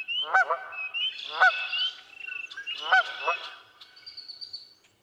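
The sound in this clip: Canada goose giving three loud nasal honks in the first few seconds, then fading, while a higher whistle and chirps carry on behind.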